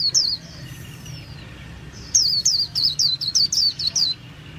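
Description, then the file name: White-eye sings a short high phrase, pauses, then gives a rapid run of thin, slurred chirps, with a low steady hum underneath. Song style called 'líu' in Vietnamese. "tieng khuyen liu"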